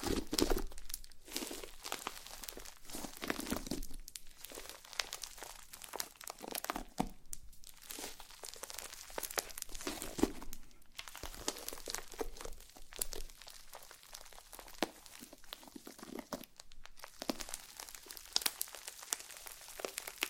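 Slime being squished and worked, a dense run of wet crackles, pops and crinkly squelches through the whole twenty seconds. The sounds come in irregular bursts with brief quieter gaps around four, seven and eleven seconds, bright and snappy rather than low.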